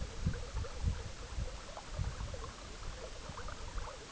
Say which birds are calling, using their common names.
none